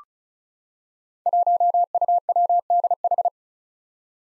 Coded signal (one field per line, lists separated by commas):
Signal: Morse code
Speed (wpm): 36 wpm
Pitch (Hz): 700 Hz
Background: none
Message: 1UWDH